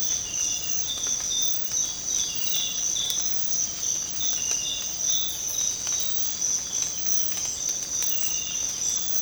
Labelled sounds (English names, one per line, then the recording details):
none
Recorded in secondary vegetation near Puerto Asís, Putumayo, Colombia, on 8 March 2025 at 06:00
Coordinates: 0.485, -76.322
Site G040